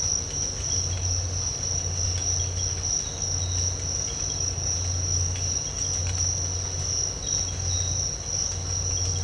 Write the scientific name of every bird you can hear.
none